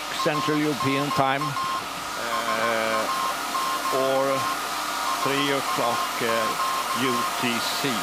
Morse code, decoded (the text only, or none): A<BT> SAQ SAQ